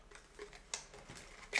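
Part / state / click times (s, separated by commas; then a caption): camera back door into camera body latch / seated / 0.7 s, 1.6 s. The plastic back door of an instant camera is closed over the film pack and latched into the camera body, with faint light ticks before two sharp clicks at 0.7 s and 1.6 s. The door snaps shut and is confirmed clipped and closed.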